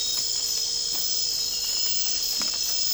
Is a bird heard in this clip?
no